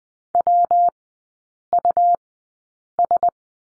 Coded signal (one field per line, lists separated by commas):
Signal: Morse code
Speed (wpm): 20 wpm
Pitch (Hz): 700 Hz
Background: none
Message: WUS